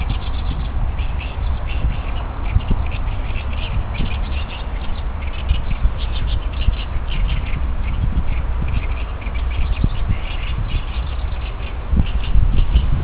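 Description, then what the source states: Oriental reed warbler song, a run of harsh, chattering notes repeated quickly throughout, half buried under a steady low rumble. Recorded in 2015.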